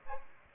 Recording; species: mosquito wingbeat signal from an infrared sensor; Aedes aegypti